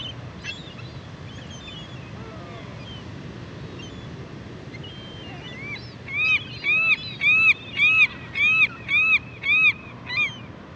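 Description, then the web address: California gull calls: a quick, evenly spaced series of about eight loud, yelping notes, following scattered softer calls, over a low background rumble. Western North America. "Dan Gibson Wildlife Identification By Sound, Western North America. California Gull"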